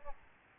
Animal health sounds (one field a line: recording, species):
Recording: mosquito wingbeat signal from an infrared sensor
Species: Aedes albopictus